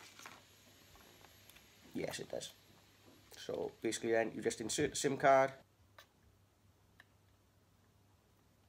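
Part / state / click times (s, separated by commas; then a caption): SIM card into the card slot of a portable alarm unit / not seated / none. A SIM card is being pushed toward the spring-loaded card slot of a battery-powered portable alarm unit while someone talks over a low steady hum, with a few faint ticks of handling. The card has not seated or clicked into place yet when the clip ends.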